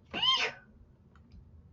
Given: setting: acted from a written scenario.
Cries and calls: vocal sound without words; fear

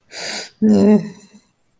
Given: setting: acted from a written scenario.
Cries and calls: vocal sound without words; sadness

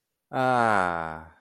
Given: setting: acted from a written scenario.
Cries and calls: vocal sound without words; relief

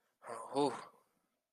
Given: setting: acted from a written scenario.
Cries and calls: vocal sound without words; relief

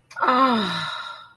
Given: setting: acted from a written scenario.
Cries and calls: vocal sound without words; awe

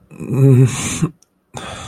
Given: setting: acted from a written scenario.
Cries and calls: vocal sound without words; distress

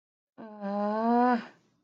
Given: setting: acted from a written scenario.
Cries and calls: vocal sound without words; guilt

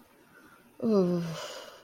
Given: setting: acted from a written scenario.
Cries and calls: vocal sound without words; ecstasy

